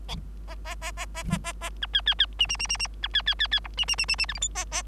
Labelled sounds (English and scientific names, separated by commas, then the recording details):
Bengalese Finch (Lonchura striata domestica) song
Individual Bird3